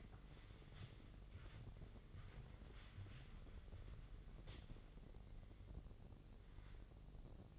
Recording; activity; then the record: daily activity, microphone in the room; wipe stove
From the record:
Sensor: 4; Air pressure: 1013.2 hPa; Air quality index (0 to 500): 178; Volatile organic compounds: 2 ppm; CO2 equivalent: 1122 ppm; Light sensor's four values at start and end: 93/233/96/102 and 93/234/96/102